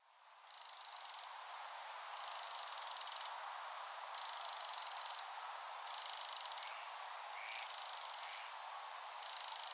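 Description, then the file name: Eurasian wren giving six dry, rapid ticking rattles at fairly even intervals. "Troglodytes troglodytes"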